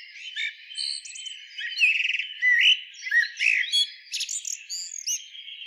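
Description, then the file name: Common blackbird song of warbling notes mixed with buzzy chatter and high thin squeaks, delivered in rapid uneven bursts. "Turdus merula"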